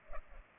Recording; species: mosquito wingbeat signal from an infrared sensor; Culex pipiens